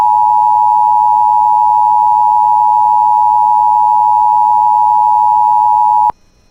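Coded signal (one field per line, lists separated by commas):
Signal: Emergency Alert System (SAME) tones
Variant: 853 and 960 Hz attention tone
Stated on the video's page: Civil Emergency Message alert tones for Aitkin, Minnesota, issued due to a wildfire on Great River Road.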